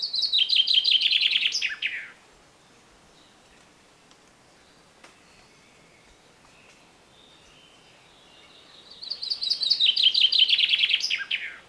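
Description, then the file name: Common chaffinch singing twice, each a rapid cascading trill ending in a flourish, with a quiet gap of about seven seconds between songs. "Fringilla coelebs"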